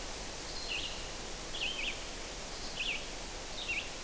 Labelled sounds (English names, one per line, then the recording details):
Red-eyed Vireo song
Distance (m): 40 m
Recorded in boreal forest in Alberta, Canada, on 12 June 2016 at 05:50
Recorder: SongMeter 3, array SBT-3-18
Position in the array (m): 233 m, 101 m